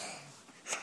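Hissing, congested breath with a sharper snuffly burst near the end, from a feverish, croaky, snotty 4-year-old child.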